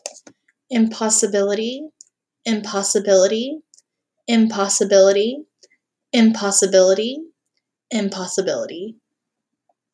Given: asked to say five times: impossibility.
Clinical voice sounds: repeated word; female; 20 to 29 years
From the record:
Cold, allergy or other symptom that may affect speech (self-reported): no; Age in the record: 25 years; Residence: Texas, United States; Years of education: 15

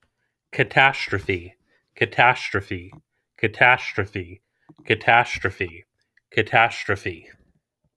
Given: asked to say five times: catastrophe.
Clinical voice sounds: repeated word; male; 30 to 39 years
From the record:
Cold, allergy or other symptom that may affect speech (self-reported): no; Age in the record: 31 years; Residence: New Jersey, United States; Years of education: 17

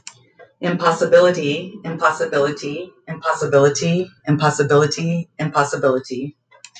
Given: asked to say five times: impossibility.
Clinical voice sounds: repeated word; female; 40 to 49 years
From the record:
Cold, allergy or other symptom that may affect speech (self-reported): no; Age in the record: 46 years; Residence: Minnesota, United States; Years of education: 15

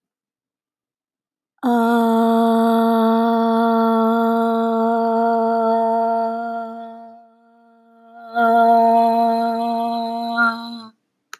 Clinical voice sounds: vowel held as long as possible; female; 20 to 29 years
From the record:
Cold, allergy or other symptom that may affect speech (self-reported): no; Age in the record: 27 years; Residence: California, United States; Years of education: 18

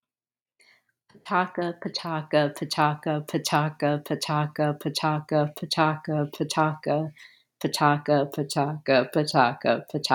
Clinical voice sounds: repeated syllables /pa ta ka/; female; 30 to 39 years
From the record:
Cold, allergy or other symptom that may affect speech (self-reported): no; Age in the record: 39 years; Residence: Minnesota, United States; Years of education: 18

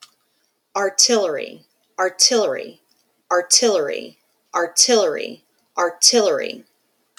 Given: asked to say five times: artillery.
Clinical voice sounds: repeated word; female; 40 to 49 years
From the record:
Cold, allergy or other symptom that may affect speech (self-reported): no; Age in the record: 44 years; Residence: Texas, United States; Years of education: 17

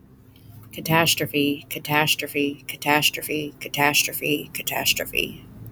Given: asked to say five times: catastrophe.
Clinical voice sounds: repeated word; female; 30 to 39 years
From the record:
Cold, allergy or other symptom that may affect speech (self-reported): no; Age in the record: 37 years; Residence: North Carolina, United States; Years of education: 13

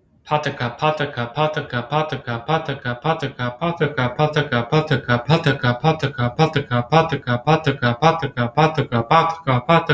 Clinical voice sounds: repeated syllables /pa ta ka/; male; 20 to 29 years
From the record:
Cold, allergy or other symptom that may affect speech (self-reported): no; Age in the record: 28 years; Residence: Connecticut, United States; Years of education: 20

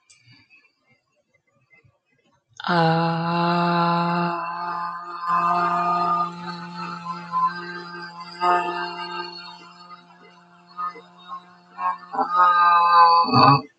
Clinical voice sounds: vowel held as long as possible; female; 40 to 49 years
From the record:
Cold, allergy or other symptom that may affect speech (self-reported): no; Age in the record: 47 years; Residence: South Carolina, United States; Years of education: 14

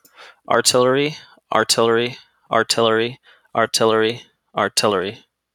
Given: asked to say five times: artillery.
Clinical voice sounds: repeated word; male; 30 to 39 years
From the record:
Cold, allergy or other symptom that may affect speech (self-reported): no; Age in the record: 32 years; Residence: Virginia, United States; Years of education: 16

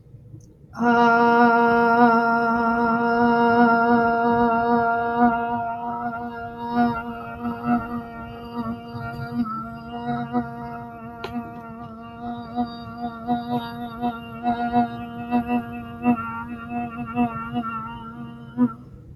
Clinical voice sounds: vowel held as long as possible; female; 30 to 39 years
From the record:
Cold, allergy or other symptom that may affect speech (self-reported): no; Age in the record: 31 years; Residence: Delaware, United States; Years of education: 19

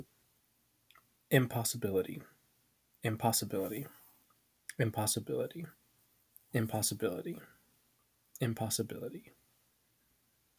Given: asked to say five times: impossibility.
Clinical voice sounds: repeated word; male; 20 to 29 years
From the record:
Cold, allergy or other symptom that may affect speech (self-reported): no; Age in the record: 25 years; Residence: North Carolina, United States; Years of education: 20

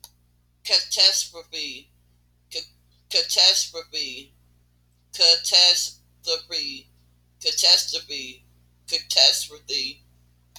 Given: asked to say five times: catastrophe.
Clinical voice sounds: repeated word; female; 30 to 39 years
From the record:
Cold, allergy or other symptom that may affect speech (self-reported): no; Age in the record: 37 years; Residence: Tennessee, United States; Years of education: 12

